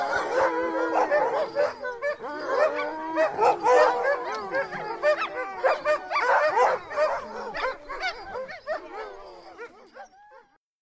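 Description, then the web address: Dogs in a noisy chorus of barks, yips and whines, rapid and uneven, gradually thinning and fading out near the end. Several dogs barking. "chiens qui aboient"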